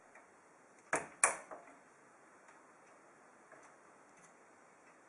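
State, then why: Seated. Plastic push pins of a CPU cooler are pressed firmly into the motherboard mounting holes, giving two sharp clicks at 0.9 s and 1.2 s over a faint background hiss. The pins click as they lock into place, seating the cooler.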